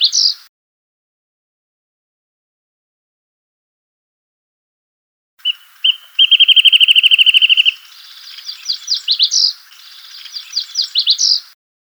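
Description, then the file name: Wrentit song: a brief high note, a pause, then a steady rapid trill of even notes followed by a scratchy run of sweeping, chattering notes. "suara call song burung wrentit omkicau"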